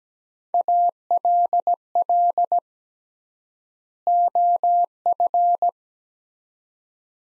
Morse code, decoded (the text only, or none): ALL OF